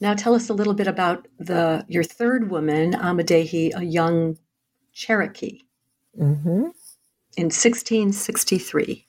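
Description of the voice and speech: A woman asks a clear, fluent interview question at an even pace with steady voicing, ordinary speech.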